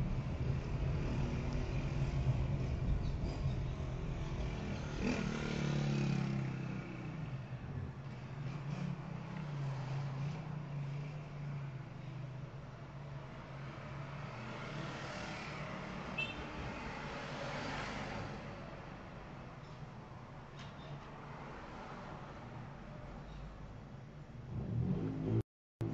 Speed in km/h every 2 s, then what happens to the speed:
22, 19, 10, 1, 0, 0, 0, 0, 0, 0, 0, 0, 0.
0-6 brakes to 1. 6-26 standing.